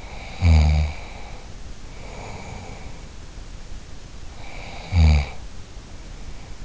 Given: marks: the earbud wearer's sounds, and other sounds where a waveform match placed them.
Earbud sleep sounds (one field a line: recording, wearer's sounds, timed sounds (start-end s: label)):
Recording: sounds in sleep by an in-ear microphone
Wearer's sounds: snoring breath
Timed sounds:
0.00-3.07 s: snoring breath
4.34-6.52 s: snoring breath